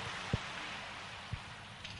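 An audience at a Buddhist retreat claps in a steady, dense patter of many hands, soft and even throughout with a few slightly sharper claps standing out, as a senior monk is invited to speak; no one speaks over it.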